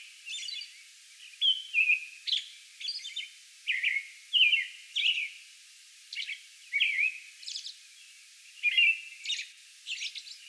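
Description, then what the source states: American robin singing a steady run of short whistled caroling phrases, interspersed with thin high-pitched squeaks. Song bout recorded May 11.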